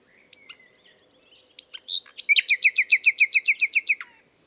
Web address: SETE data Luscinia megarhynchos